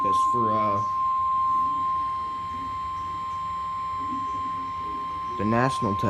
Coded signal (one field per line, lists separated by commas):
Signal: Emergency Alert System (SAME) tones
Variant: 1050 Hz attention tone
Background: speech